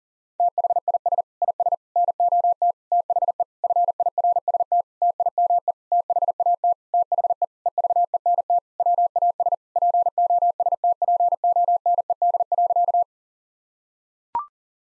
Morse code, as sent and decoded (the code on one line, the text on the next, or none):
- .... .. ... / .. ... / -. --- - / - .... . / ..-. .. .-. ... - / - .. -- . / - .... .- - / - .... . / . ...- . -. - / .-- .- ... / .--. --- ... - .--. --- -. . -.. .-.-.-
THIS IS NOT THE FIRST TIME THAT THE EVENT WAS POSTPONED.